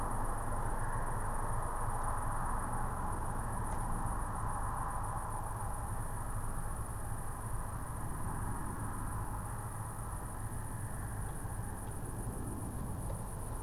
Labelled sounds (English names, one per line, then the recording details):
man-made sound
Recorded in France